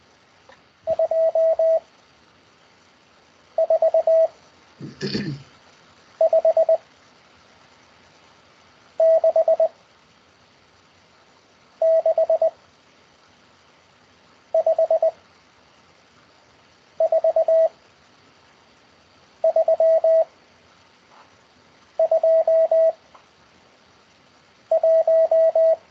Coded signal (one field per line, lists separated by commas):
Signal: Morse code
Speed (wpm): 20 wpm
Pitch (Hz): 650 Hz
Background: none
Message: 2 4 5 6 6 5 4 3 2 1